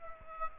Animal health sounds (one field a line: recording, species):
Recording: mosquito wingbeat signal from an infrared sensor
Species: Aedes aegypti